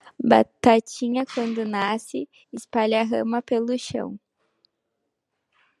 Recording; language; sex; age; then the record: short text; Brazilian Portuguese; female; 18 to 19 years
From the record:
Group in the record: control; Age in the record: 18 years